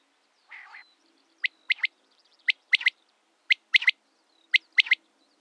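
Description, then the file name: Common quail song: a soft growl, then crisp whistled three-note phrases repeated about once a second. "wachtel"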